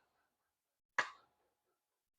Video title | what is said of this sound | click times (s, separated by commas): Hidden Hybrid Holster Review: Is It Better Than Tier 1 Concealed? | is you get a nice audible click when you seat the pistol in the holster. | 1.0 s